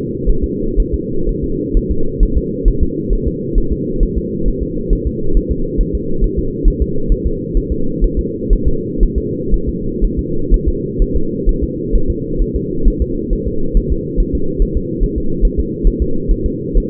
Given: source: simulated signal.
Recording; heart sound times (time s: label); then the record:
fetal heart sounds
0.30 s: S1
0.44 s: S2
0.80 s: S1
0.94 s: S2
1.29 s: S1
1.44 s: S2
1.77 s: S1
1.91 s: S2
2.23 s: S1
2.38 s: S2
2.68 s: S1
2.83 s: S2
3.13 s: S1
3.28 s: S2
3.58 s: S1
3.73 s: S2
4.03 s: S1
4.18 s: S2
4.48 s: S1
4.63 s: S2
4.93 s: S1
5.07 s: S2
5.37 s: S1
5.52 s: S2
5.81 s: S1
5.95 s: S2
6.24 s: S1
6.39 s: S2
6.68 s: S1
6.82 s: S2
7.12 s: S1
7.27 s: S2
7.57 s: S1
7.72 s: S2
8.04 s: S1
8.19 s: S2
8.53 s: S1
8.68 s: S2
9.03 s: S1
9.18 s: S2
9.54 s: S1
9.69 s: S2
10.04 s: S1
10.19 s: S2
10.54 s: S1
10.68 s: S2
11.02 s: S1
11.17 s: S2
11.49 s: S1
11.63 s: S2
11.95 s: S1
12.10 s: S2
12.42 s: S1
12.56 s: S2
12.88 s: S1
13.02 s: S2
13.33 s: S1
13.48 s: S2
13.77 s: S1
13.92 s: S2
14.20 s: S1
14.35 s: S2
14.62 s: S1
14.77 s: S2
15.03 s: S1
15.18 s: S2
15.45 s: S1
15.60 s: S2
15.87 s: S1
16.02 s: S2
16.31 s: S1
16.46 s: S2
16.77 s: S1
From the record:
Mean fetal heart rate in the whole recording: 130 bpm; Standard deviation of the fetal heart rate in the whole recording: 4 bpm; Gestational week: 38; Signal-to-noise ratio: -8.1 dB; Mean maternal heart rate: 72 bpm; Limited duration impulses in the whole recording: absent